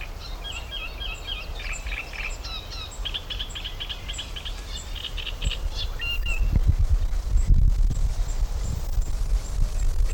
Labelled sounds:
Great Reed Warbler (Acrocephalus arundinaceus)

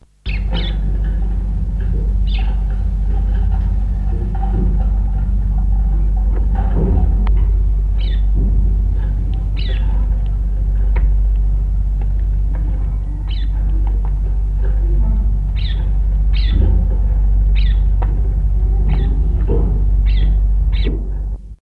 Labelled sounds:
Cut-throat Finch (Amadina fasciata) call

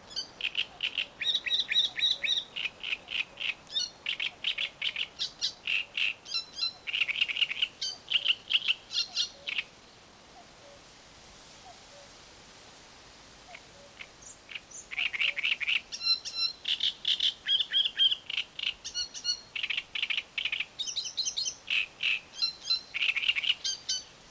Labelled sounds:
Great Reed Warbler (Acrocephalus arundinaceus)

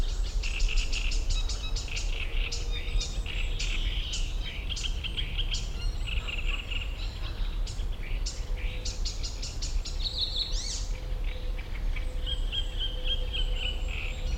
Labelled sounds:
Common Cuckoo (Cuculus canorus) call

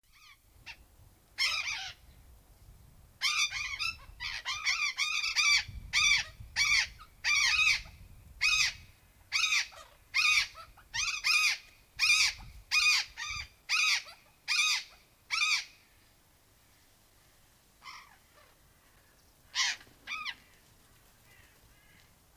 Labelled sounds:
Burrowing Parrot (Cyanoliseus patagonus) call

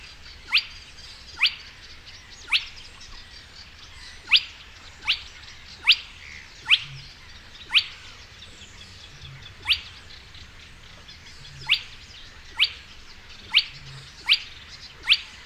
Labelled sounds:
Spotted Crake (Porzana porzana)

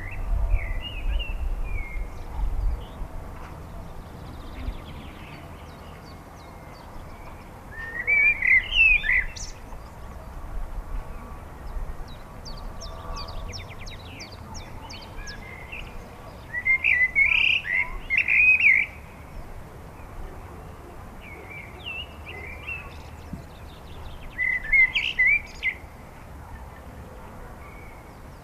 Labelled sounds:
Common Blackbird (Turdus merula) song

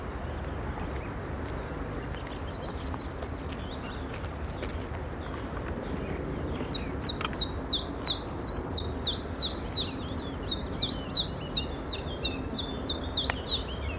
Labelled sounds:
Common Chiffchaff (Phylloscopus collybita) song

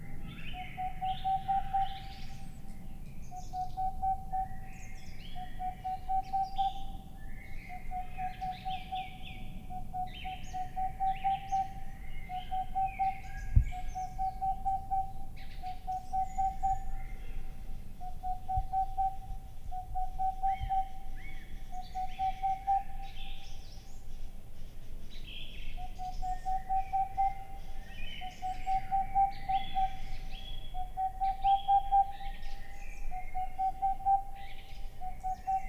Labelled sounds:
Boreal Owl (Aegolius funereus)

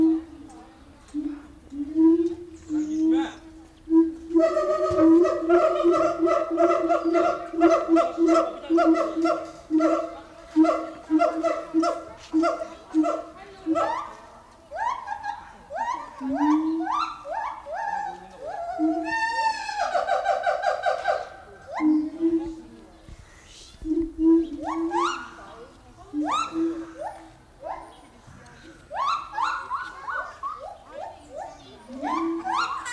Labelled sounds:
Siamang (Symphalangus syndactylus) call

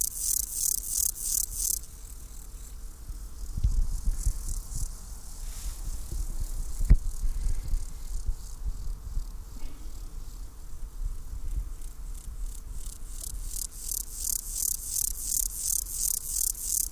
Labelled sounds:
Steppe Grasshopper (Chorthippus dorsatus) stridulation

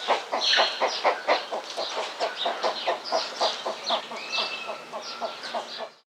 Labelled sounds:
Roseate Spoonbill (Platalea ajaja)

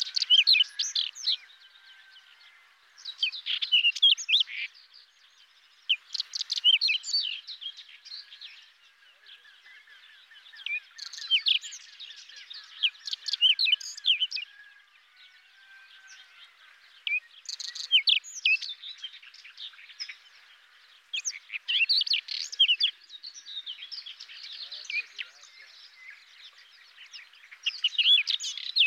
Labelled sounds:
Whinchat (Saxicola rubetra) song

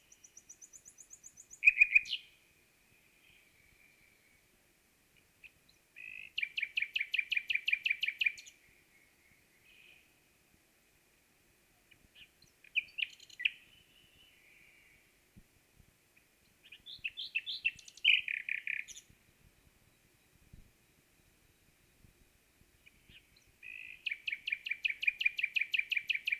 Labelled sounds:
Common Nightingale (Luscinia megarhynchos) song

